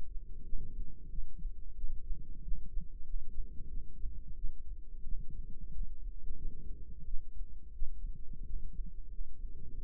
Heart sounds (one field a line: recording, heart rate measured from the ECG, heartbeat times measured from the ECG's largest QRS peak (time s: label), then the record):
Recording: heart sounds by microphone in the right ear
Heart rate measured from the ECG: 90 bpm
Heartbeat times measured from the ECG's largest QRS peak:
0.42 s: heartbeat
1.08 s: heartbeat
1.73 s: heartbeat
2.41 s: heartbeat
3.03 s: heartbeat
3.66 s: heartbeat
4.34 s: heartbeat
5.01 s: heartbeat
5.70 s: heartbeat
6.34 s: heartbeat
7.03 s: heartbeat
7.71 s: heartbeat
8.42 s: heartbeat
9.07 s: heartbeat
9.72 s: heartbeat
From the record:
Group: healthy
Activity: rest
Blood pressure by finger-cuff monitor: 114/63 mmHg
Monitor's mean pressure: 81 mmHg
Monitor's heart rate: 92 bpm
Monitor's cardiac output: 8.3 L/min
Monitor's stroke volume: 90 mL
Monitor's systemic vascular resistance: 690 dyn s/cm5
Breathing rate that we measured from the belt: 20 breaths a minute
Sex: female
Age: 26 years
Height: 165 cm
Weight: 55 kg